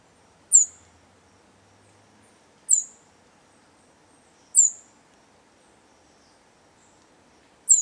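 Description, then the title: Bird giving sharp, very high, downward-slurred chirps, one about every two seconds, four in all, over a faint low hum. "LuckyPassaro Completos2Sama"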